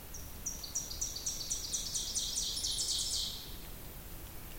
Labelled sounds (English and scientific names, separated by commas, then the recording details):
Ovenbird (Seiurus aurocapilla) song
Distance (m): 45 m
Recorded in boreal forest in Alberta, Canada, on 2 June 2016 at 06:48
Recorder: SongMeter 3, array SBT-3-7
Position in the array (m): 323 m, 119 m
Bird 44